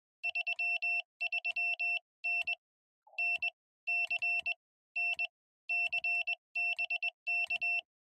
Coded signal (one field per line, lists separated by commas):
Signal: Morse code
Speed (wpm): 21 wpm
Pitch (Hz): 2700 Hz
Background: none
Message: 33N NC N C BK